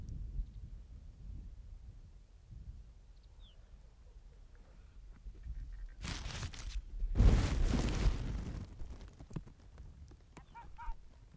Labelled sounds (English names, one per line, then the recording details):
Arctic Fox barking
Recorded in the wild
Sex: male
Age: adult
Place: Insel Mednyi, Kommandeur-Inseln, RU
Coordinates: 54.5167, 168.083
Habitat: tundra
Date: 1999-07-20 20:58
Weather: fair, no clouds, 10°C, weak westerly winds
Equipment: Sony TCD-D8, Sennheiser MKH 70, Windkorb
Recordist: Frommolt, Karl-Heinz